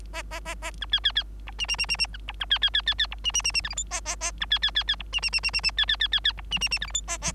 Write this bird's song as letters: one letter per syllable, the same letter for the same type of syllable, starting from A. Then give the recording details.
A A A A B C C C D E E E E E B D B C C C C C D E E E E F G H A A A B C C C C D E E E E E E C C C C C D E E E F G H A A. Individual Bird3